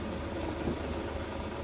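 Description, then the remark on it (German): Inside a bus carrying Dr. Martin Luther King on 21 December 1956, the engine runs with a steady, low rumbling drone that holds even throughout, with a faint hiss above it and no voices. “Martin setzte sich vorne in den Bus neben einen weißen Prediger.”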